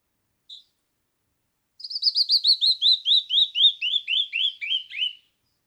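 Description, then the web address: Canyon wren song: a single short note, then a cascade of many clear whistled notes, each slurring downward and the series slowly falling in pitch. "birdsongforthecurious songs Canyon wren"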